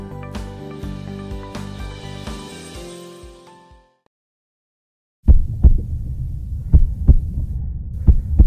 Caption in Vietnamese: Đây là âm thanh của nhịp tim từ một người tài xế xe bus.